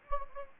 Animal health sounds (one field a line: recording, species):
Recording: mosquito wingbeat signal from an infrared sensor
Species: Anopheles gambiae